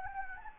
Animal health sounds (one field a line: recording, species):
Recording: mosquito wingbeat signal from an infrared sensor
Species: Anopheles gambiae